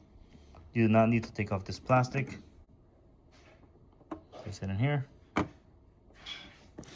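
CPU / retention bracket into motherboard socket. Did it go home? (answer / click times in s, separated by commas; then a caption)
yes / 5.4 s. A CPU is placed into the socket of an ASUS PRIME B760M-A AX refurbished motherboard, and its retention bracket is pressed down. Someone talks, then a sharp click sounds at 5.4 seconds as the bracket snaps into place, leaving the CPU seated and secure.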